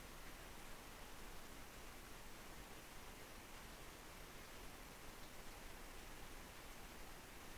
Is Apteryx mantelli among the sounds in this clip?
no